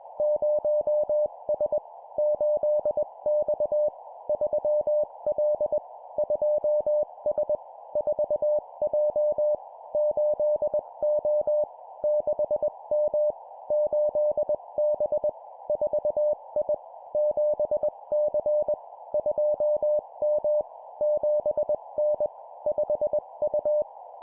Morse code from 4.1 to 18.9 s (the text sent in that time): 3L 2S 4J 8O 6M 8B 4I 7C